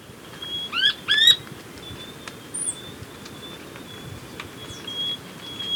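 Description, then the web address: Rufous spinetail calls: two sharp, rising, harmonic-rich notes in quick succession near the start, then quiet with a steady high insect-like tone and faint chips. Ecuador. "Birds of Ecuador 2. Rufous Spinetail"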